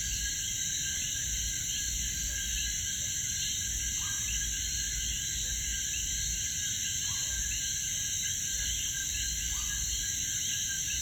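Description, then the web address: Coquí frog chorus, overlapping rising chirps plus scattered lower notes at irregular intervals, all over an unbroken high-pitched drone. Frogs at Piñones, Puerto Rico. "puerto rico Cokees frogs Pignones"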